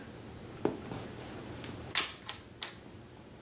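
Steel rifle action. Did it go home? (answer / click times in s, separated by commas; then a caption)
released / 2.6 s. Pressing the button in the trigger guard of a Steyr Mannlicher M95 rifle releases the en-bloc clip and kicks it up out of the magazine. A dull knock at 0.7 s is followed by a bright metallic click at 2.0 s, a lighter tick at 2.3 s, and a sharp clack at 2.6 s as the clip is ejected.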